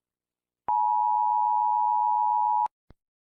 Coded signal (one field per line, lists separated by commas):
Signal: Emergency Alert System (SAME) tones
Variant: 853 and 960 Hz attention tone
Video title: St. Patricks Day Special) EAS Short Scenario 18 - Unlucky Serial